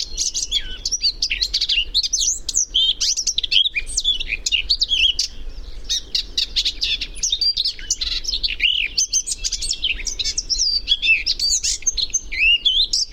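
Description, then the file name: Eurasian blackcap warbling continuously in varied, twisting high phrases of quick notes and slurs, over a steady low hum. "Sylvia atricapilla"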